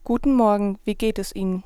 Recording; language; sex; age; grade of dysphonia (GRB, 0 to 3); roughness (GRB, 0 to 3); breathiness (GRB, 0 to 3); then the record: spoken sentence; German; female; 20 to 29 years; 0; 0; 0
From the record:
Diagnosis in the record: healthy voice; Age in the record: 22 years